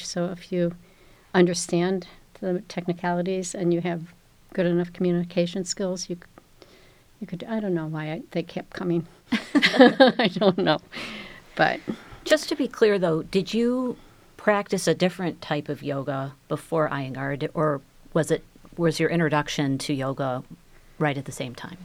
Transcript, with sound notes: If you understand the technicalities and you have good enough communication skills, you could -- I don't know why they kept coming. I don't know. [LAUGHTER]
Just to be clear, though, did you practice a different type of yoga before Iyengar or was your introduction to yoga right at the same time?